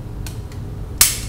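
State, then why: Seated. After a small button on the back of a plastic DX Cho Cho TOQ Daioh combining robot toy is pressed down, a rotating part on the back is turned and pushed until it clips firmly into place. A faint tick sounds at about 0.3 s, then a sharp, bright click at 1.0 s marks the part seating securely.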